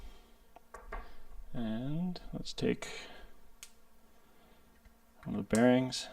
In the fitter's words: push pull until it clicks in.